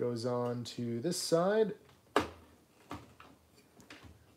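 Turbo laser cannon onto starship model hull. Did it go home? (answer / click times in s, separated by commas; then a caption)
yes / 2.2 s. Someone talks as a plastic turbo laser cannon is pushed onto its side mount on a large plastic starship model hull. It snaps into place with a sharp click at 2.2 s, followed by fainter ticks at 2.9, 3.2, 3.8 and 3.9 s. The ratcheted laser locks in place so it can't tilt down.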